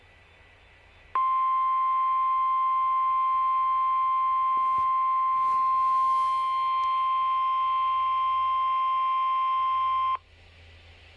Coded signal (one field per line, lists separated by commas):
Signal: Emergency Alert System (SAME) tones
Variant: 1050 Hz attention tone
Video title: EAS Tornado Drill Minnesota and Wisconsin NOAA Weather Radio (WR100 Version 2) Minneapolis Minnesota